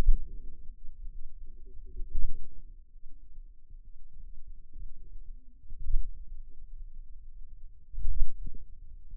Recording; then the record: forearm muscle sounds (acoustic myography)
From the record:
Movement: pen grasping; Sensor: system 2, bracelet of six BSWA MPA416 microphones around the upper forearm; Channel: 5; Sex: male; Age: 22 years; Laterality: right